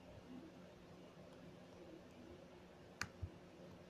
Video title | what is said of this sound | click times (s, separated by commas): Iphone battery replacement | will hear it click once | 3.0 s